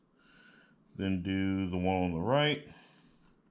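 Someone talks from about 1.0 to 2.7 seconds while handling the right-hand small wiring connector plug beside its socket on an Onefinity Elite Foreman CNC machine, over a faint low background. The plug has not seated or clicked into its socket yet.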